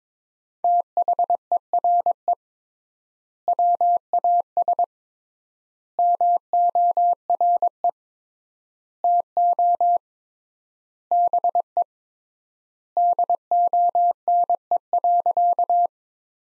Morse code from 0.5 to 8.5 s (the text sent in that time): THERE WAS MORE